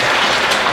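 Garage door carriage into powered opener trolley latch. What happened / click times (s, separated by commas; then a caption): The door is still being moved; nothing has latched yet / none. A metal garage door, lifted by hand with help from its spring, rolls along its rail toward the end of its travel so the door carriage can re-engage the powered opener's trolley latch, making a steady broadband rolling noise with no distinct hits. Nothing has seated or clicked yet.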